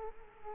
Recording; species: mosquito wingbeat signal from an infrared sensor; Culex quinquefasciatus